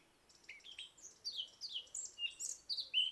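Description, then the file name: Eurasian blackcap delivering a quick jumbled warble of high chirps and slurred whistles that grows louder over three seconds. "Sylvia atricapilla"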